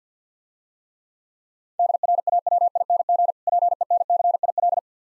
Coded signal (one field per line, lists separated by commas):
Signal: Morse code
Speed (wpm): 51 wpm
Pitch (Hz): 700 Hz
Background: none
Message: DRAWING PENCIL